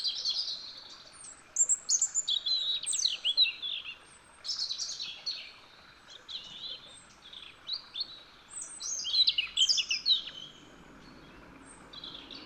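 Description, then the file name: European robin song, a string of varied high phrases: sliding whistles, fast trills and sparkling notes with brief gaps, then quiet for the last couple of seconds, over low background hiss. "Erithacus rubecula"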